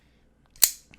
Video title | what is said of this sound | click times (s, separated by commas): ZT 0392 Limited Edition Prpblk - Lovely Loaners | The way it snaps into place | 0.6 s